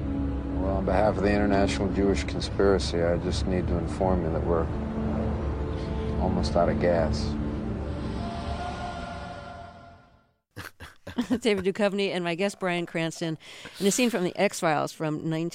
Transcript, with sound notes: on behalf of the international Jewish conspiracy, I just need to inform you that we're almost out of gas.
(LAUGHTER)
David Duchovny and my guest, Bryan Cranston, in a scene from "The X-Files" from